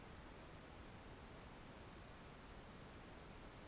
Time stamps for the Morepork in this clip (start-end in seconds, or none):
none